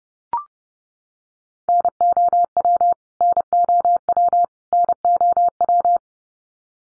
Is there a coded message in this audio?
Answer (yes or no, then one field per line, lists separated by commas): yes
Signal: Morse code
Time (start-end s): 1.7-6.0 s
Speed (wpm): 30 wpm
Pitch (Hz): 700 Hz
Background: none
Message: NOW NOW NOW